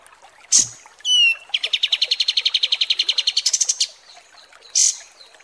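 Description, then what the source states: Kapas tembak song: a sharp chirp, a brief whistled note, then a rapid pulsed trill rising in pitch at its end, and a final chirp. Masteran training recording for kapas tembak birds, used to tutor song.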